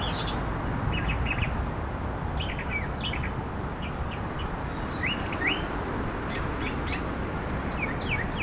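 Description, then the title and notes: Northern mockingbird delivering short chirped phrases, several given in twos or threes, with brief high notes between, partly masked by a loud continuous low hum. Recorded in the Dallas-Fort Worth area. "DFW-mockingbird by Christie Mullen"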